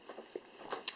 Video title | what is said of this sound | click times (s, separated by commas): How to Re-apply Thermal Paste on a GPU (Nvidia GTX 500 Series) | Press in firmly until you hear it click. | 0.9 s